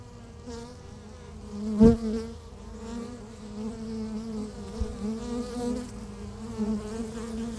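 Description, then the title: Honey bees buzzing, a low steady hum with one bee zipping loudly past near two seconds and smaller swells afterward. Beehive at Laren, Gelderland, Netherlands, recorded 17 July 2015; not a binaural recording. "Beehive. Bijenkorf (Laren Gld., July 17th 2015)"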